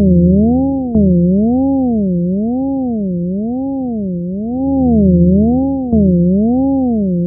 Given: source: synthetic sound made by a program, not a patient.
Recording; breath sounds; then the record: synthetic breath sounds; polyphonic wheeze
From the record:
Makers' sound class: wheeze